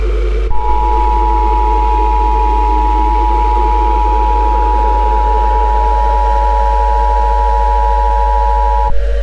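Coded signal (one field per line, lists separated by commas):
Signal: Emergency Alert System (SAME) tones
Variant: 853 and 960 Hz attention tone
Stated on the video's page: Fictional EAS scenario about latex creatures and bombs.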